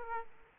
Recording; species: mosquito wingbeat signal from an infrared sensor; Aedes aegypti